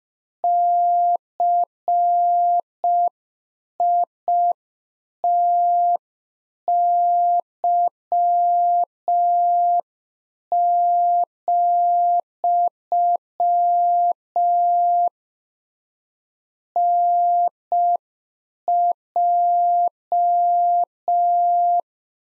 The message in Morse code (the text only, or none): CITY, NJ